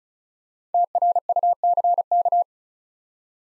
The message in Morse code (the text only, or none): TRUCK